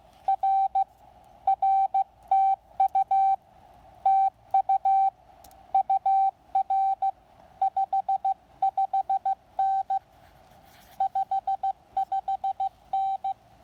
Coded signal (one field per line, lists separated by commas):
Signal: Morse code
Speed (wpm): 15 wpm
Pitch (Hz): 780 Hz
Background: none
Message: R R TU TU UR 55N 55N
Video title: Speedy POTA Activation: Taking the lab599 Discovery TX 500, Packtenna 9:1, and T1 to Lake James